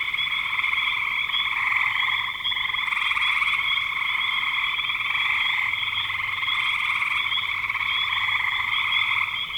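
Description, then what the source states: Dense, unbroken frog chorus of overlapping pulsed trills forming a continuous buzzing wall of sound throughout. Frogs recorded in spring 2025.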